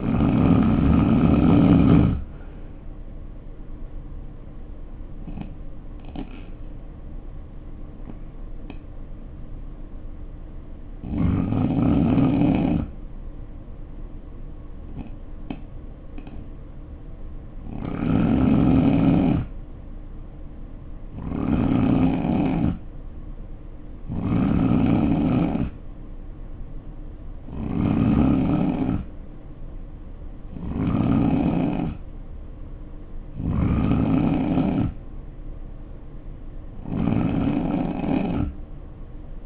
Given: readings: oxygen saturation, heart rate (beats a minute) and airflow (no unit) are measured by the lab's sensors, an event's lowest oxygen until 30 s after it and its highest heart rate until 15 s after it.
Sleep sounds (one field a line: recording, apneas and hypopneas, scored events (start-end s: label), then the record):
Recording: breathing in sleep by a smartphone at the bedside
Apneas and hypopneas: 1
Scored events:
7.00-21.20 s: hypopnea (N3, oxygen 90% highest, then 89% lowest, heart rate 58 at the start, 65 highest)
From the record:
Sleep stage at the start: N3 (deep sleep)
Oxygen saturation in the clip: 89 to 92%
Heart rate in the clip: 58 to 68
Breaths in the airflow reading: 9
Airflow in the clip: -6.6 to 3.6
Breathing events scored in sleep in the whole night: 520 in 7.2 hours asleep